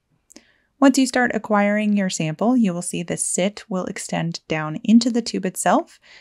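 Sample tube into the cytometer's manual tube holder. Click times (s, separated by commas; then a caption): 0.3 s. A sample tube is pushed straight up into the manual tube holder of a Cytek Aurora cytometer and seats with a short, sharp click at about 0.3 s. A second faint click follows, and then someone talks.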